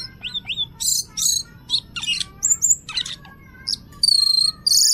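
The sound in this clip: Bird song, a lively run of varied high notes: short rising whistles, buzzy bursts and sharp chirps, with a long bright trill near the end.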